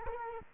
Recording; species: mosquito wingbeat signal from an infrared sensor; Culex quinquefasciatus